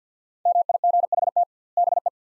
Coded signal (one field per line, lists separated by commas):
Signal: Morse code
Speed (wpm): 50 wpm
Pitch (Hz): 700 Hz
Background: none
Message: MIGHT BE